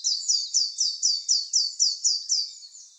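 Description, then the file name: Eurasian blue tit with roughly ten bright, high descending notes delivered at an even, quick pace. "Cyanistes caeruleus"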